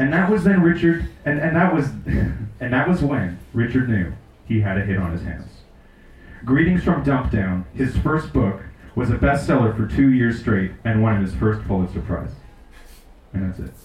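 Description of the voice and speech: Adult man reading a story aloud repeats opening phrases and stretches sounds before moving on: stuttering disfluencies that ease into fluent reading.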